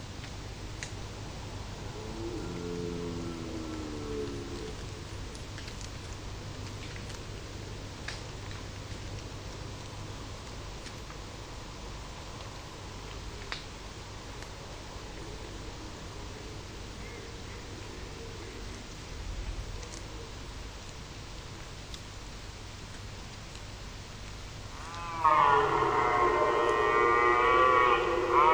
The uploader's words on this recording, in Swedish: Kronhjortarnas ljudvärld. Tänk dig en helt stilla kväll i början av september. Solen har precis gått ner och du sitter i skogsbrynet, framför dig ligger en blommande klövervall. Det är kronhjortarnas brunsttid och här i området går det flera stora hanar.